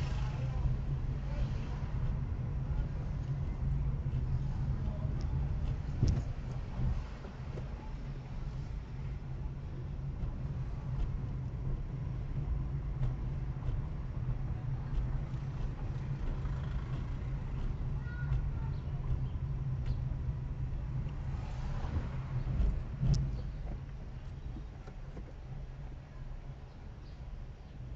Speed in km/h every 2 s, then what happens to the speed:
20, 21, 19, 10, 11, 19, 22, 22, 23, 20, 16, 13, 5, 5.
3-7 slows to 10. 7-11 speeds up to 22. 11-16 steady at about 22. 16-24 slows to 5.